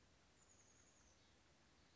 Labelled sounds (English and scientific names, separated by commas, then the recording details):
Chestnut-backed Chickadee (Poecile rufescens)
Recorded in Sonoma County, California